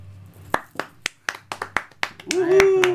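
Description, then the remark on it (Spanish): Scattered audience clapping after an improvised rap performance: about a dozen sharp, separate claps in an uneven rhythm over a low hum, with a voice calling out over the last few claps. “Un aplauso, por favor.”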